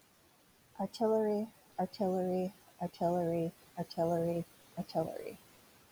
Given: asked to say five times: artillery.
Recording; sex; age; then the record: repeated word; female; 40 to 49 years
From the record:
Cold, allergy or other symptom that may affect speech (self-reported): no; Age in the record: 48 years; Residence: California, United States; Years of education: 12